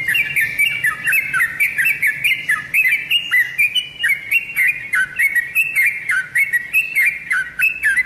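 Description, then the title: Oriental magpie-robin singing a fast chain of short whistled notes that slide and drop in pitch, broken by crisp high clicks, continuous. "Kicau Kacer"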